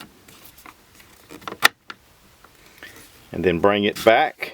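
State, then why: Not seated. During reassembly of a CZ 512 American .22 Magnum semi-auto rifle, the steel charging handle is being pushed back into the bolt, with its two grooves turned up and down rather than side to side so it won't bind. Light metallic handling taps are heard, sharpest around 1.6 s, while someone talks near the end. Nothing has seated or clicked into place yet.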